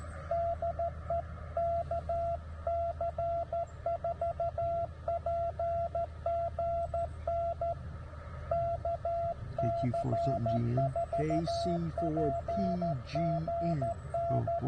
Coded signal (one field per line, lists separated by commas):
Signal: Morse code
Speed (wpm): 13 wpm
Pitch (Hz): 680 Hz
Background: radio noise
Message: DE KC4PGN KC4PGN